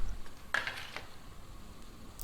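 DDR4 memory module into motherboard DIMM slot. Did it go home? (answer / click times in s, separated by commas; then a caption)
yes / 0.6 s. A DDR4 memory module is pushed down into a motherboard DIMM slot and seats with a sharp click at 0.6 s as the plastic side clips pop up into position. Fainter ticks follow near 0.7 s and 1.0 s, and a brief click sounds at 2.2 s.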